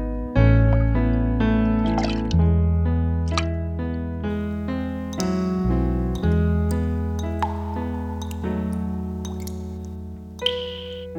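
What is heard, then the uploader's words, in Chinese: Slow piano chords ring out one after another, each struck roughly every one to two seconds and left to sustain and fade over a deep, full bass. Small bright ticks, like light water drops, sparkle faintly between the chords. 钢琴与水滴的和谐交响。水滴声像是微风中的清泉，轻轻滴在心湖上，激起涟漪。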